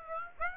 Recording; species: mosquito wingbeat signal from an infrared sensor; Aedes aegypti